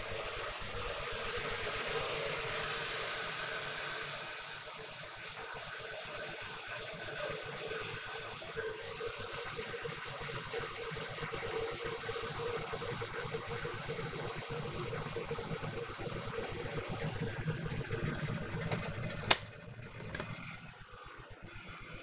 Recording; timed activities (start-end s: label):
household activities, microphone on the right wrist
0.00-22.03 s: making tea